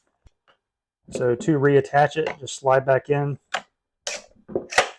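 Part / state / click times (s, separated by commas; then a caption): removable front housing of a power joiner, sliding onto the motor body / seated / 4.8 s. Someone talks, then the removable front housing of a Festool XL DF 700 Domino joiner, which holds the cutter bit, is slid back onto the tool's metal motor body. A sliding scrape is followed by a sharp click at 4.8 s as the locking mechanism engages and the housing seats in place.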